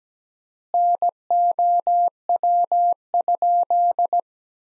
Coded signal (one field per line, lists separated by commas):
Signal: Morse code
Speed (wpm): 17 wpm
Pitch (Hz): 700 Hz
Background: none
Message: NOW?